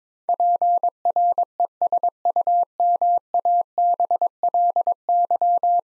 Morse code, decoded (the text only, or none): PRESUMABLY